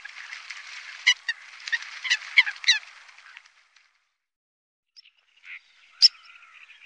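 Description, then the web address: Eurasian coot calls: harsh, honking notes repeated irregularly for about three seconds, then a pause and a few scattered sharp notes, one loud near the end. "Faglar Sound Sothona"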